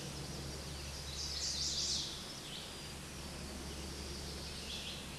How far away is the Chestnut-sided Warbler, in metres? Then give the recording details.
about 25 m. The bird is about 5 m above the microphone. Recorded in a Pennsylvania forest on 16 May 2024 at 09:25. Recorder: AudioMoth, point MSD-1849. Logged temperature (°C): 12.1 °C. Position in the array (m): 18 m, 25 m